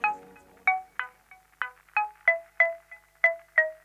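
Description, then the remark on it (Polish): A polyphonic phone ringtone plays a bright, rhythmic melody of repeated synthetic chime-like notes, about a dozen sharp attacks with decaying tones, fairly loud with no one talking. “Czy są dziś jeszcze jednostki zdziwione tym, że źródłem szczęścia może być polifoniczny dzwonek?”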